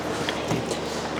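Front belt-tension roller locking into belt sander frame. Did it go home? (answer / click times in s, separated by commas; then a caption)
yes / 0.3 s. The front belt-tension roller assembly of a vintage metal belt sander is pushed down to tension it for a new belt. It snaps into its locked position in the frame with one short click at 0.3 s, over a steady low background hum. The roller is confirmed locked into place.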